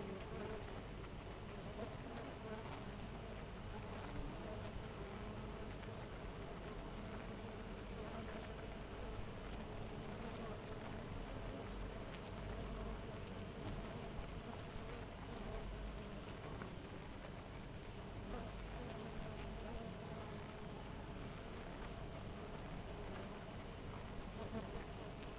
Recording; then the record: honeybee colony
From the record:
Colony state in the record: missing queen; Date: 14 July 2017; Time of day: 6:31